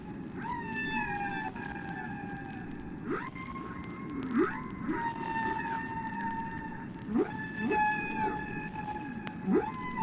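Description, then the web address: Whale calls with long, steady tonal notes that slide slightly downward, broken by short rising sweeps, over a constant low rumbling background. "KU whales"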